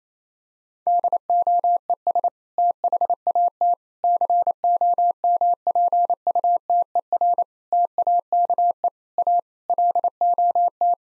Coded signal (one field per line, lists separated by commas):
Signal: Morse code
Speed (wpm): 28 wpm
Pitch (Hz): 700 Hz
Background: none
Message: DOES THAT COMPUTER TAKE A LOT